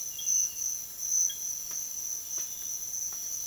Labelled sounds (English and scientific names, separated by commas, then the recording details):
none
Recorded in secondary vegetation near Puerto Asís, Putumayo, Colombia, on 23 June 2025 at 05:30
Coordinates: 0.500, -76.326
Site GP08